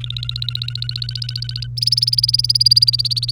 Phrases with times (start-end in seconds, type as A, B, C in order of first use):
0.01-1.67 A, 1.77-3.31 B